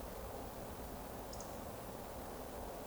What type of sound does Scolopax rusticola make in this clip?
whistle